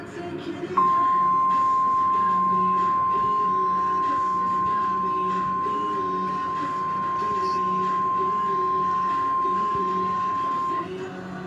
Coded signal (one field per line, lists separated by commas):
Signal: Emergency Alert System (SAME) tones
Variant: 1050 Hz attention tone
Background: speech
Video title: Severe Thunderstorm Warning EAS #39